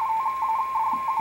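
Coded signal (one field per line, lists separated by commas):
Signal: RTTY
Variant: 45.45 baud, 170 Hz shift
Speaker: it's shift is what we call 170 HZ that's the distance between the two peaks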